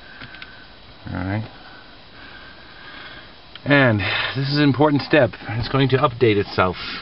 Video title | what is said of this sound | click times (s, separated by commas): Car DVR BlackBox Urive Eagle (3 of 3) | switch in with your thumbnail so you hear it click | 0.4 s